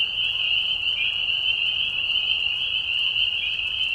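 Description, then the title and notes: Chorus of spring peepers, high piping whistles blending into a bright, unbroken ringing drone, otherwise quiet. Mating call chorus in a marsh at night during a very short spring season, Tiny Marsh Conservation Area, Tiny, Ontario; high whistles at low volume. "Peeper frogs in the spring. This is a recording made of Peeper frogs in a marsh at night. This is a mating call that happens during a very short season in the Spring. Recorded at the Tiny Marsh Conservation area in Tiny, Ontario. Recorded by Anton Pickard. Music for Sleep project"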